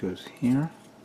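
Someone talks while a red plastic armor piece is brought to the torso of an MG 1/100 Full Armor Gundam Thunderbolts Ver Ka model kit, ready to be pressed onto its peg. Nothing has seated or clicked yet; the part is not yet home when the clip ends.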